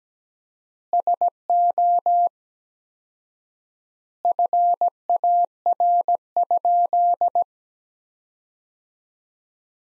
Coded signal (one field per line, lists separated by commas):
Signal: Morse code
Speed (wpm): 17 wpm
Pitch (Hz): 700 Hz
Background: none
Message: SO FAR?